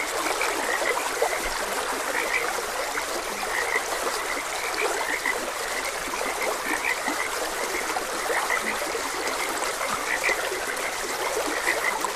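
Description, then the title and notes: Many frogs chirp and croak in scattered bursts while a stream flows constantly in the background. Frogs croaking beside a gentle stream. "Frogs Croaking. Sleep and Relaxation Podcast"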